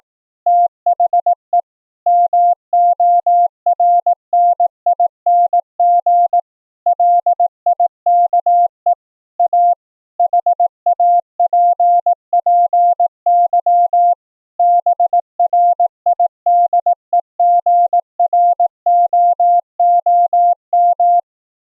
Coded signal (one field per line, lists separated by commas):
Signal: Morse code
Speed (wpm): 17 wpm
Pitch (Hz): 700 Hz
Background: none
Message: THE MORNING LIKE A HAPPY BRIDEGROOM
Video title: Transmit & Receive CW morse code over the FAMILY RADIO SERVICE(FRS) 2-way radios - LIVE demo